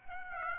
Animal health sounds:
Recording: mosquito wingbeat signal from an infrared sensor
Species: Aedes aegypti

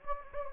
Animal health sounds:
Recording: mosquito wingbeat signal from an infrared sensor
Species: Anopheles gambiae

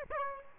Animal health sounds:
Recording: mosquito wingbeat signal from an infrared sensor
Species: Aedes aegypti

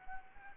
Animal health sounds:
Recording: mosquito wingbeat signal from an infrared sensor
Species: Anopheles gambiae

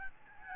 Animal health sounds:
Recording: mosquito wingbeat signal from an infrared sensor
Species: Aedes albopictus

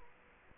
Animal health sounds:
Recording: mosquito wingbeat signal from an infrared sensor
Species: Culex quinquefasciatus

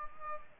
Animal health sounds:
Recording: mosquito wingbeat signal from an infrared sensor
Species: Aedes aegypti

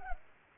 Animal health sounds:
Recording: mosquito wingbeat signal from an infrared sensor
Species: Culex pipiens

